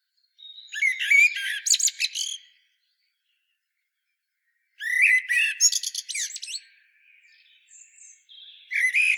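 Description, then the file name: Common blackbird delivering warbled, twittering phrases with a long silent gap, followed by another phrase and faint high notes before a final burst. "Turdus merula"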